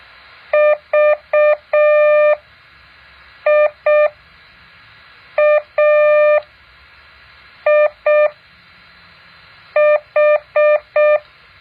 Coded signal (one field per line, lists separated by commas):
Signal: Morse code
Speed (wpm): 6 wpm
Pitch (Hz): 600 Hz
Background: none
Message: VIAIH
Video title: แบบฝึกหัด Morse code 2.5